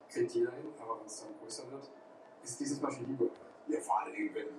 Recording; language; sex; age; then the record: short text; Brazilian Portuguese; female; 40 to 49 years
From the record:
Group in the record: control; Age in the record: 42 years